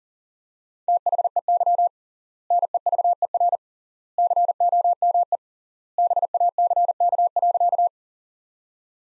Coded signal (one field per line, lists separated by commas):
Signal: Morse code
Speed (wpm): 37 wpm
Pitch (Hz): 700 Hz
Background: none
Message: THEY NEVER COME BACK.